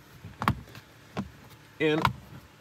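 Someone presses the plastic cover of the HEPA cabin filter by hand back into the interior panel of a 2022 Tesla Model Y Performance, producing a couple of short, sharp plastic knocks around 0.4–0.5 s and again near 1.2 s, then talks briefly. Nothing has seated or clicked into place yet.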